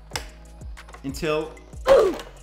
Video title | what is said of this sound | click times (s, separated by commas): How to Remove and Add PS5 Face Plates (EASY) | it snaps out. Just like that, and then you can do the same with the other side. | 0.2 s